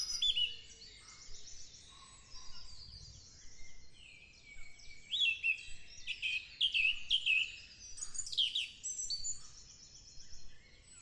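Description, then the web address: Thrush song, a busy run of varied high whistled and chirping phrases amid other birds singing, with soft low background noise. "numbersquash thrush"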